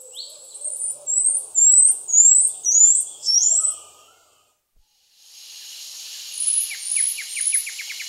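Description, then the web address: Pygmy marmoset giving very high, thin calls: a run of rising chirps, a short pause, then softer high chirps and a quick ticking trill. South American rainforest. "Nature Songs S America Primates of the Rainforest Pygmy marmoset"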